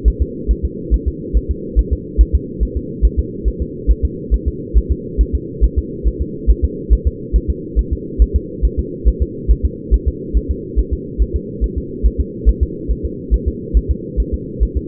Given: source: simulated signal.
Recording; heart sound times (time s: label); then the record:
fetal heart sounds
0.08 s: S1
0.22 s: S2
0.51 s: S1
0.65 s: S2
0.94 s: S1
1.08 s: S2
1.37 s: S1
1.51 s: S2
1.79 s: S1
1.93 s: S2
2.21 s: S1
2.35 s: S2
2.63 s: S1
2.77 s: S2
3.05 s: S1
3.19 s: S2
3.48 s: S1
3.62 s: S2
3.91 s: S1
4.05 s: S2
4.34 s: S1
4.48 s: S2
4.78 s: S1
4.92 s: S2
5.21 s: S1
5.35 s: S2
5.64 s: S1
5.78 s: S2
6.08 s: S1
6.22 s: S2
6.51 s: S1
6.65 s: S2
6.93 s: S1
7.07 s: S2
7.36 s: S1
7.50 s: S2
7.79 s: S1
7.93 s: S2
8.22 s: S1
8.36 s: S2
8.65 s: S1
8.79 s: S2
9.08 s: S1
9.22 s: S2
9.51 s: S1
9.65 s: S2
9.94 s: S1
10.08 s: S2
10.37 s: S1
10.51 s: S2
10.79 s: S1
10.93 s: S2
11.22 s: S1
11.36 s: S2
11.64 s: S1
11.78 s: S2
12.06 s: S1
12.20 s: S2
12.49 s: S1
12.63 s: S2
12.91 s: S1
13.05 s: S2
13.34 s: S1
13.48 s: S2
13.77 s: S1
13.91 s: S2
14.20 s: S1
14.34 s: S2
14.63 s: S1
14.77 s: S2
From the record:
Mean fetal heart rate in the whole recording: 140 bpm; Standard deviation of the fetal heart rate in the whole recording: 2 bpm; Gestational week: 34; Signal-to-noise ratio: -4.1 dB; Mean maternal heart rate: no maternal heart sound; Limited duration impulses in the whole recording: absent